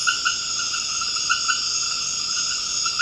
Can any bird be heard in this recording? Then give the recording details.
no. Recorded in dense forest near Puerto Asís, Putumayo, Colombia, on 24 March 2025 at 21:00. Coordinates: 0.481, -76.323. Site G088